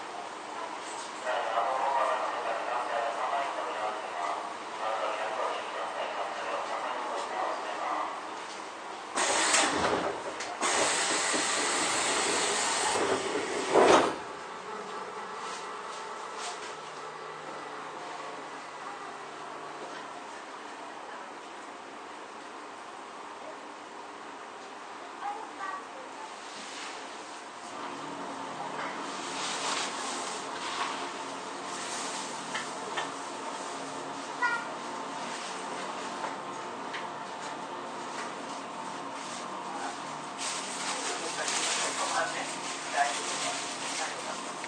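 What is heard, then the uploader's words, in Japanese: Keio 9000 series train ride: a steady, bright rumbling hum, with a loud hissing burst around ten to fourteen seconds. 京王9000系 高尾山口〜つつじヶ丘。快速つつじヶ丘行を録音。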